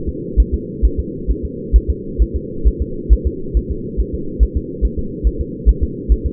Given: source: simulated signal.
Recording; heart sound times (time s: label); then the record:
fetal heart sounds
0.09 s: S2
0.40 s: S1
0.54 s: S2
0.85 s: S1
0.99 s: S2
1.31 s: S1
1.45 s: S2
1.76 s: S1
1.90 s: S2
2.22 s: S1
2.36 s: S2
2.68 s: S1
2.82 s: S2
3.13 s: S1
3.27 s: S2
3.57 s: S1
3.71 s: S2
4.00 s: S1
4.14 s: S2
4.43 s: S1
4.57 s: S2
4.85 s: S1
4.99 s: S2
5.27 s: S1
5.41 s: S2
5.69 s: S1
5.83 s: S2
6.12 s: S1
6.26 s: S2
From the record:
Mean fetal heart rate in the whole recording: 135 bpm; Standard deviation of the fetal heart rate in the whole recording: 3 bpm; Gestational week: 34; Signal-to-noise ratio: -4.3 dB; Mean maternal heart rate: 72 bpm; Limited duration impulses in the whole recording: absent